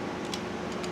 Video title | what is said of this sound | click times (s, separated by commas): Bandit 1250 FA Repair Engine Covers Install Dale Walker | You can barely hear it click cuz it's a small wrench. | 0.3 s